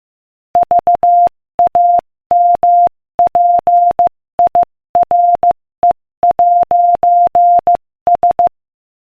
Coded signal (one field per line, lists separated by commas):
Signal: Morse code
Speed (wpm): 15 wpm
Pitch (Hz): 700 Hz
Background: none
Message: VAMPIRE'S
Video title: Morse Code Practice: 15 wpm Joke #2